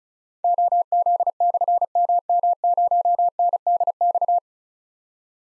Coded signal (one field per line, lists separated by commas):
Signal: Morse code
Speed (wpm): 36 wpm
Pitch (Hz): 700 Hz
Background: none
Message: OZ/MM0NDX